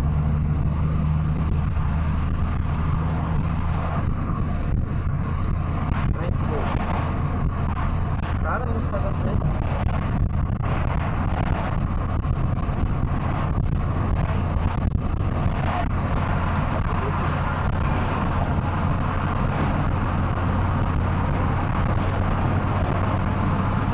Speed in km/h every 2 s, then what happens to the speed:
90, 93, 96, 98, 97, 98, 98, 100, 101, 102, 104, 107.
0-24 speeds up to 107.